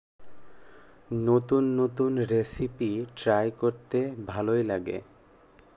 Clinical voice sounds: elicited speech; Bengali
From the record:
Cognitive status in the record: cognitively healthy

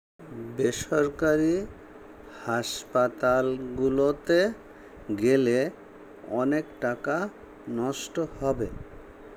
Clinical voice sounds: elicited speech; Bengali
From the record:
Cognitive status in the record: dementia

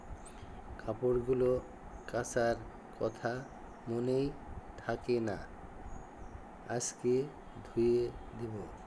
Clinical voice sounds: elicited speech; Bengali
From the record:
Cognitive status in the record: dementia

